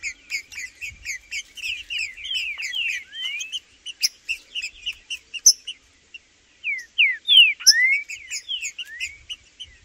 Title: Seu TRINCA Piando, Cantando E Macheando Na DISPUTA. Trinca Ferro no MATO Cantando e Macheando muito com Solto! Blindado e Tufão no mato